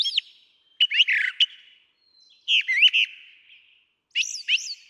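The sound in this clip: Brown Thrasher song with short, rich phrases, each quickly doubled: sharp upslurred notes and buzzy bursts delivered in pairs about every second and a half.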